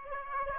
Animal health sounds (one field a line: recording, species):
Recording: mosquito wingbeat signal from an infrared sensor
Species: Aedes aegypti